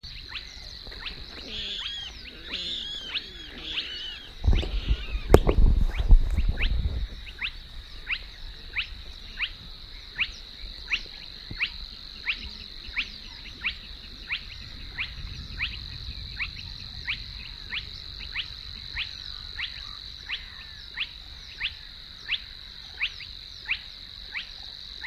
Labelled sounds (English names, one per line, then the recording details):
Spotted Crake
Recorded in the wild
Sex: male
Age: adult
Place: Warsow, Kummerower See, Mecklenburg-Vorpommern, DE
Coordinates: 53.8361, 12.8394
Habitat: wetland
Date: 2009-06-16
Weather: heiter, schwacher Wind aus West, ca. 15 °C
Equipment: Sound Devices 702, Sennheiser MKH 70, Popschutz
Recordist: Frommolt, Karl-Heinz